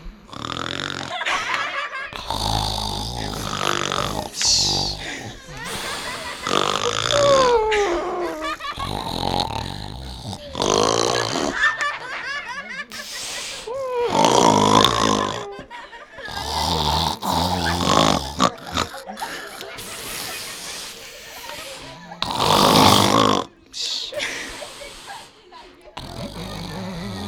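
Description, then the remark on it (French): Voices imitate snoring on request, a solo backed by lighter, punctuated snoring, with rough, rasping bursts that rise and fall in an uneven rhythm, mixed with grunting, burp-like noises and brief laughter, all fairly loud throughout. “redonne-nous un ronflement s'il te plaît.”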